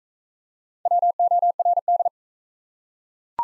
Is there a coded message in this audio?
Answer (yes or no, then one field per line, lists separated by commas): yes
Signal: Morse code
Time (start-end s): 0.9-2.1 s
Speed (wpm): 40 wpm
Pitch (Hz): 700 Hz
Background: none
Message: WORD